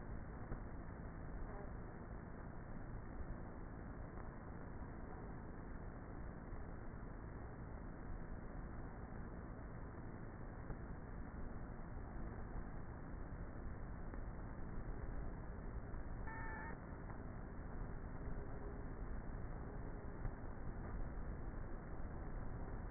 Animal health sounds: honeybee colony, microphone inside the hive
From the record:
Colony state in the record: queenless with a low population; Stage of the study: before two queens were removed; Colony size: about 30,000 bees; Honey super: no

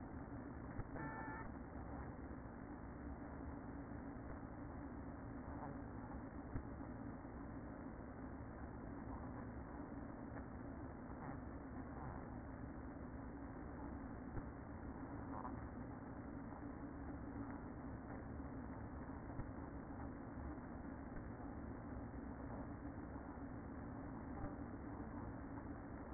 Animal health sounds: honeybee colony, microphone inside the hive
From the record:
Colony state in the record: queen present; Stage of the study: after two queens were removed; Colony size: about 60,000 bees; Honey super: yes

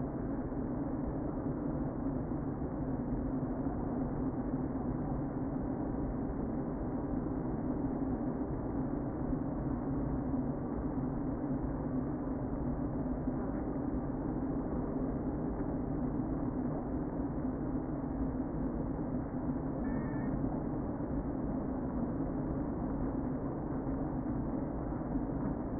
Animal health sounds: honeybee colony, microphone inside the hive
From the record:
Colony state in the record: queen present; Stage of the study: before two queens were removed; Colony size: about 60,000 bees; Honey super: yes

